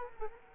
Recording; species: mosquito wingbeat signal from an infrared sensor; Culex quinquefasciatus